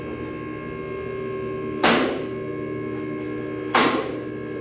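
An Advantage 10k two-post car lift is being raised, its steel safety locks on both columns clicking over the lock ladder, with both sides meant to click at the same time and a slight echo heard. A steady tonal hum runs throughout, broken by a sharp, bright click near 1.8 s and another at 3.8 s. The lift safety lock clicks in and is seated at 3.8 s.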